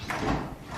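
A garage door trolley latch re-engages onto the opener carriage when the release cord is yanked up and then down again. A click is heard at 0.1 s, followed by a short, broad mechanical rumble. The latch is seated.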